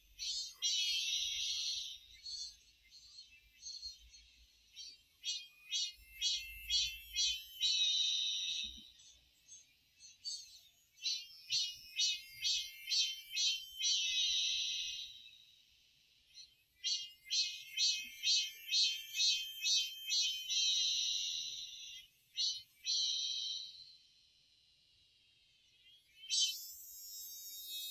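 Cicadas call on a dewy morning, their shrill, buzzing song sitting high and bright. It comes in pulsing bursts that speed up into rapid, regular beats, then swell into long sustained drones, pausing briefly around 9 and 16 seconds before starting again.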